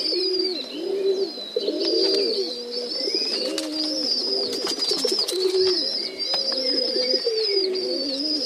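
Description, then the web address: Domestic pigeons cooing, overlapping low rolling coos throughout, with thin high whistled notes and chirps running above them. Recorded in a pigeon loft (gołębnik). "wroblowe kolekcja golebnik"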